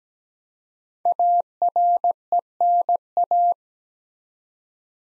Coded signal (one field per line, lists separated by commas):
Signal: Morse code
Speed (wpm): 17 wpm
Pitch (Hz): 700 Hz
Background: none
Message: ARENA